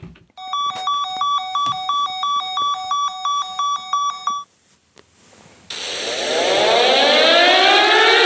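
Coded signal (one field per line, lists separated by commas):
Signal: pager alert tone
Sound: fast repeating electronic beeps for about four seconds, a brief pause, then a rising sweeping tone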